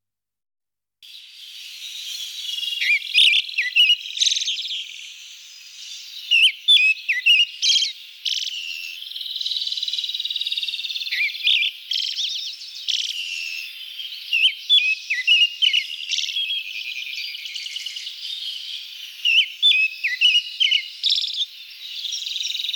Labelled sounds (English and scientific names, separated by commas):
Pale Thrush (Turdus pallidus) song